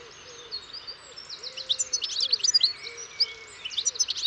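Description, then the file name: European goldfinch twittering, a high, jumbled chatter of notes, while a dove coos softly and repeatedly underneath. "Carduelis carduelis"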